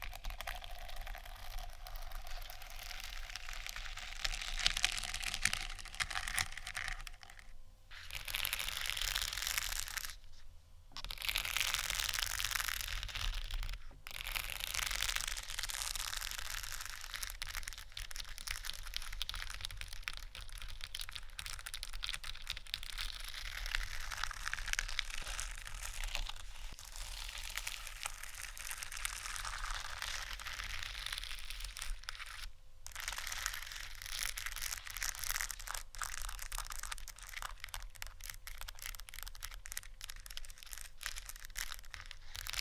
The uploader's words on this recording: ASMR Scratching & Tapping 2 Magic Placemats（No Talking）.